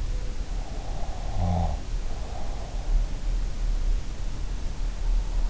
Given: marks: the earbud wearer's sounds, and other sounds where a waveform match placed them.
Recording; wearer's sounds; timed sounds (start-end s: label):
sounds in sleep by an in-ear microphone; snoring breath
1.06-2.61 s: snoring breath